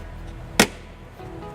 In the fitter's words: till it clicks in.